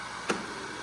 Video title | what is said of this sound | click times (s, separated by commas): Powermatic PF31 power feeder on table saw review | But you just gotta make sure it clicks all the way. | 0.3 s